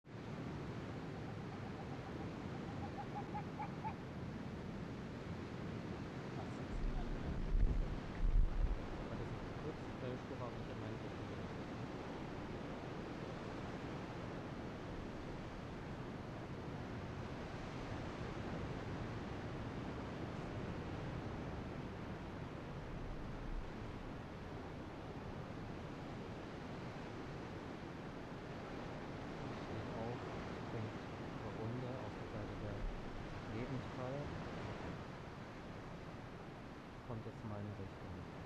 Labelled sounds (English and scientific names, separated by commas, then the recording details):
Arctic Fox (Vulpes lagopus)
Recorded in the wild
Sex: female
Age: adult
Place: Insel Mednyi, Kommandeur-Inseln, RU
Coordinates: 54.5167, 168.083
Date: 1999-07-15
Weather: Hochnebel, 8,4°C, am Strand klare Sicht
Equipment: Sony WM-D6C, Sennheiser ME 80, Schalter I, Windkorb, Kopie Tascam DA 30
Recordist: Frommolt, Karl-Heinz
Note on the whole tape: Pereshejek, Weststrand, Höhle vor Kap Dlinnyi: 2 Bellstrophen von Polarfuchsfähe (Alopex lagopus) links Blau/Violett 163. Tier schlief auf einem Stein in ca. 30 m Entfernung von mir. Steht auf, streckt sich, äußert eine Bellstrophe, springt vom Stein, läuft in meine Richtung, beschnuppert mich, setzt sich in 2 m Entfernung vor mir hin und äußert eine Bellstrophe. Im Anschluß ?wa?-Laute von Fähe links Rot/Gelb 32 in 30 m Entfernung